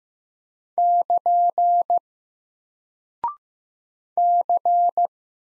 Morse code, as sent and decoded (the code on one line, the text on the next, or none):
-.--. / -.-.
<KN> C